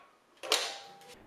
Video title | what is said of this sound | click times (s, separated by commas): Unboxing LG 27GL83A Monitor | the monitor slides onto the stand from the top and locks into place with a satisfying click | 0.5 s